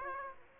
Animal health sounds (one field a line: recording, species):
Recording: mosquito wingbeat signal from an infrared sensor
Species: Aedes aegypti